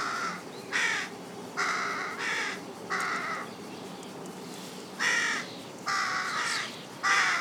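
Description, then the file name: Carrion crow giving several harsh, rasping caws, with a longer pause midway. "Corvus corone"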